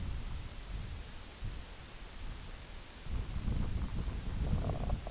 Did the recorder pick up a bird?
no